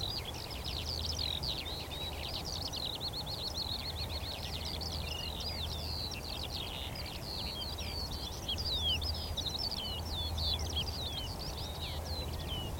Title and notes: Sound Escape: Skylarks ascending over a field of barley. We're on the northern edge of the Cotswolds in South Warwickshire – a vast open field of young barley stretches to the horizon. Quietly at first, then all of a rush, a hidden chorus of skylarks rises from the vegetation, singing exultantly